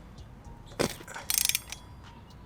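A metal bolt holding a flywheel adapter plate is turned with a ratchet, giving a brief broadband rattle near 0.8 s and then a quick run of sharp ratcheting clicks at about 1.3, 1.4, 1.5, 1.5 and 1.6 seconds. The bolt thread strips while tightening, leaving two bolts stripped out of the adapter plate.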